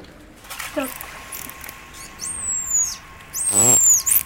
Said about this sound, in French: quand on l'a appelée, elle a donné son nom en dauphin, qui est ce fameux sifflement signature